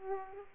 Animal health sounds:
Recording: mosquito wingbeat signal from an infrared sensor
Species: Aedes aegypti

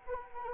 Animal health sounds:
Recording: mosquito wingbeat signal from an infrared sensor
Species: Anopheles arabiensis

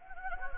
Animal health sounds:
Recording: mosquito wingbeat signal from an infrared sensor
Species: Anopheles gambiae

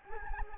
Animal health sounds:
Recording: mosquito wingbeat signal from an infrared sensor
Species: Anopheles gambiae

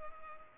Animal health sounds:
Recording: mosquito wingbeat signal from an infrared sensor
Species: Culex pipiens

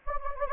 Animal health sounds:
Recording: mosquito wingbeat signal from an infrared sensor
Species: Anopheles gambiae

